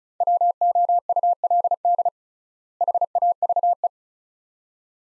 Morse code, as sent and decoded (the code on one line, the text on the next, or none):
.-- --- ..- .-.. -.. / .... .- ...- .
WOULD HAVE